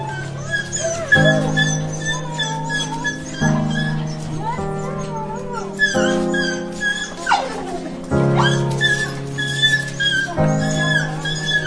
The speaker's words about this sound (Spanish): El animal no puede evitar saltar en torno a ella, no para de gemir, de lamerla. Está emocionado de poder volver a estar con ella.